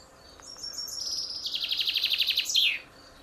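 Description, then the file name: Common chaffinch singing one full phrase: a few thin opening notes, then an accelerating descending trill closing with a sharp terminal flourish. "Fringilla coelebs"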